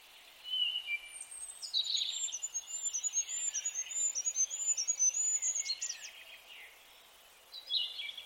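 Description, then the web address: Bird song, high thin whistled notes chained in a rapid wavering trill for several seconds, with lower chirping below and a brief burst at the end. "birddata Deverinetal 2025"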